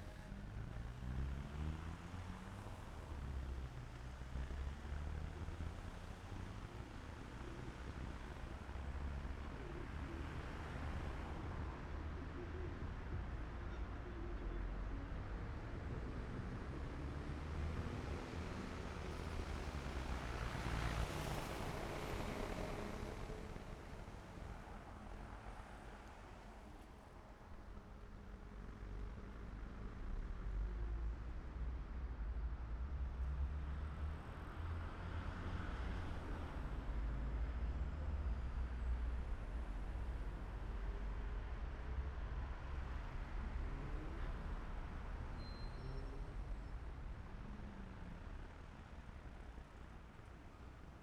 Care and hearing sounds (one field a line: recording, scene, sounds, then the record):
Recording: everyday scene through a hearing-aid microphone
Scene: in traffic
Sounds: traffic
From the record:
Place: main city hub, rush hour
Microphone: behind the ear, left, front